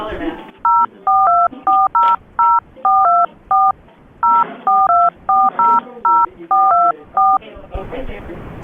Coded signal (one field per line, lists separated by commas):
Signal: DTMF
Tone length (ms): 230 ms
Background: speech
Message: 042400424 042400424